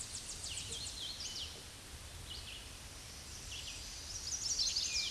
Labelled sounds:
Hooded Warbler song
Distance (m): 60 m
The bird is about 5 m above the microphone
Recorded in a Pennsylvania forest on 16 May 2024 at 09:52
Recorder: AudioMoth, point MSD-2040
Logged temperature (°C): 15.3 °C
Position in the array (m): 147 m, 133 m

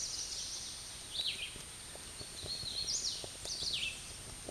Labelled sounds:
Hooded Warbler song
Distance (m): 50 m
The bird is about 10 m above the microphone
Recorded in a Pennsylvania forest on 16 May 2024 at 08:57
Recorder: AudioMoth, point MSD-2494
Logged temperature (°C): 15.6 °C
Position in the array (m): 145 m, 138 m

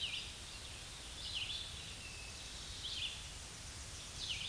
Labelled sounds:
Red-eyed Vireo song
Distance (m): 35 m
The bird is about 15 m above the microphone
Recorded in a Pennsylvania forest on 16 May 2024 at 07:58
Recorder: AudioMoth, point MSD-2146
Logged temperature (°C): 16.7 °C
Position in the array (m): 149 m, 28 m

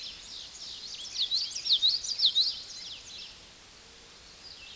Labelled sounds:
Common Yellowthroat song
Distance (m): 5 m
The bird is about level with the microphone
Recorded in a Pennsylvania forest on 16 May 2024 at 06:16
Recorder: AudioMoth, point MSD-0690
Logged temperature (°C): 16.0 °C
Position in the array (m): 200 m, 107 m

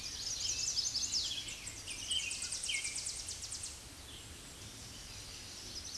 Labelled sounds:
Tennessee Warbler song
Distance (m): 25 m
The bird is about 15 m above the microphone
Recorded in a Pennsylvania forest on 16 May 2024 at 06:50
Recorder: AudioMoth, point MSD-2040
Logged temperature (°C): 15.3 °C
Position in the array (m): 81 m, 169 m

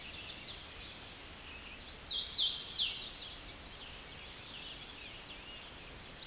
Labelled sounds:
Hooded Warbler song
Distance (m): 10 m
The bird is about 10 m above the microphone
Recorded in a Pennsylvania forest on 16 May 2024 at 09:34
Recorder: AudioMoth, point MSD-2181
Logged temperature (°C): 12.8 °C
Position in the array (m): 166 m, 113 m

